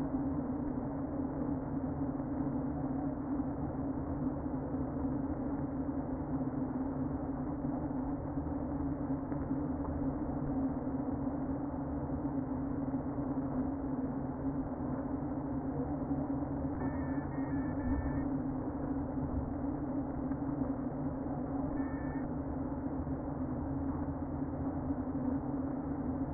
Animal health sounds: honeybee colony, microphone inside the hive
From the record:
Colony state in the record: queen present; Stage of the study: before two queens were removed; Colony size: about 60,000 bees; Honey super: yes

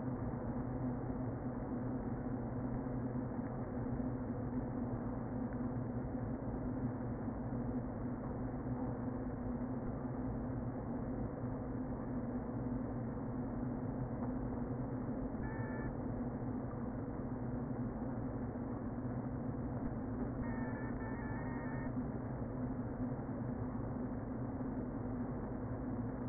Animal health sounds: honeybee colony, microphone inside the hive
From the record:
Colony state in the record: queen present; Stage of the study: before two queens were removed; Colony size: about 60,000 bees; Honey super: yes

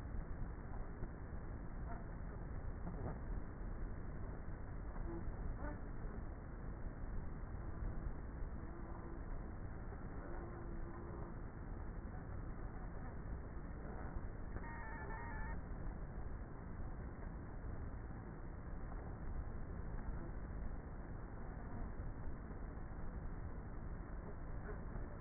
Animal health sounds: honeybee colony, microphone inside the hive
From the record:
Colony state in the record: queenless with a low population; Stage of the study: before two queens were removed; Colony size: about 30,000 bees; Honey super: no

